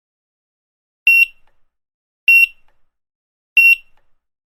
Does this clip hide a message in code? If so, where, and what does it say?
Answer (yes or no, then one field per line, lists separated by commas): no